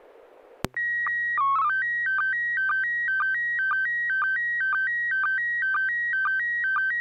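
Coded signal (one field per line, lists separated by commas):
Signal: SSTV (slow-scan television)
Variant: PD 120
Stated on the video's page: SSTV net on an FM repeater at 441.300 MHz, sent with MMSSTV software.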